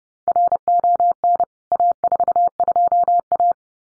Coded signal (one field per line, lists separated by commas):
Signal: Morse code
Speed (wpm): 30 wpm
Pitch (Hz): 700 Hz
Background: none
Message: RON A42A